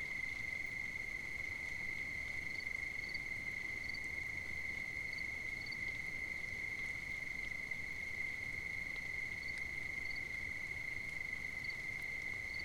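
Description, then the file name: Cricket chorus, an unbroken shrill steady trill at one pitch, with soft brief higher chirps now and then over a constant low hiss. Recorded at night on 5 September 2009. "20090905 night-crickets"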